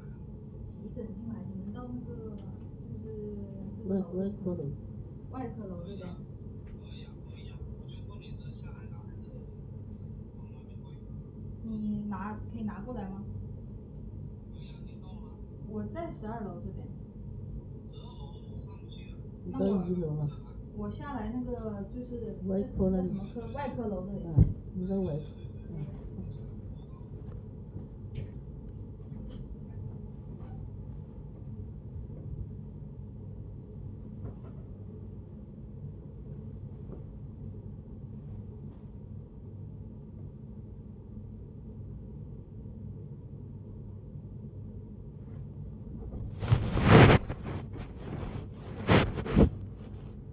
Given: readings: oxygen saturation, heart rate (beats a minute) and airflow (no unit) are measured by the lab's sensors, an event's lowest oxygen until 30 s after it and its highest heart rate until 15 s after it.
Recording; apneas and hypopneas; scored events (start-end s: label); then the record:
a person awake in a sleep study, by a smartphone at the bedside; none
0.00-50.33 s: awake
From the record:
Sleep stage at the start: awake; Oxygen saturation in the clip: 90 to 96%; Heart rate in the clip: 71 to 90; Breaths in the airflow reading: 14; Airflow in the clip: -10.5 to 12.6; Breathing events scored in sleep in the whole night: 496 in 5.4 hours asleep